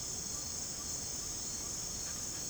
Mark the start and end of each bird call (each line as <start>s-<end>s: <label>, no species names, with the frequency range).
0.00s-0.88s: bird call (0.8-1.7 kHz)